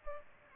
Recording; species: mosquito wingbeat signal from an infrared sensor; Aedes aegypti